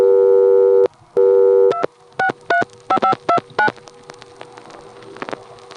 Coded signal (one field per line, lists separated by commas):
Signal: DTMF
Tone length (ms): 90 ms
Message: 2635529